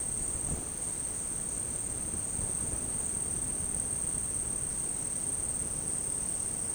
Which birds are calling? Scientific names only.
none